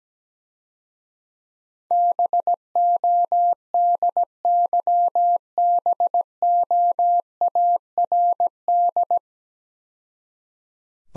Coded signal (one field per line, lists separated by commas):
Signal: Morse code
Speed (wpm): 18 wpm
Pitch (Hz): 700 Hz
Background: none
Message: BODYBOARD